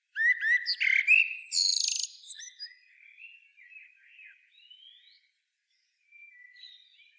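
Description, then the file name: Common blackbird singing one loud phrase of rich fluty notes ending in a scratchy high twitter, followed by soft, quiet warbling, a brief pause and more soft notes. "Turdus merula"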